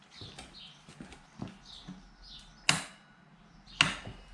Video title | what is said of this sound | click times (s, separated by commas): 2016 Kawasaki Z1000 - Clutch Hub Replacement and Solving Dry Clutch problem | that is at 135. If you can hear, that's the click. | 2.7 s, 3.8 s